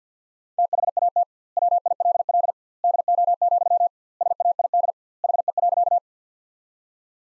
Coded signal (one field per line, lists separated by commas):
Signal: Morse code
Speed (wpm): 50 wpm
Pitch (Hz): 700 Hz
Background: none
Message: THAT WILL DO, SAID HE.